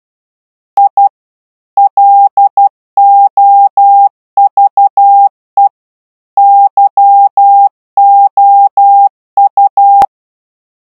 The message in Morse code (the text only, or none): I LOVE YOU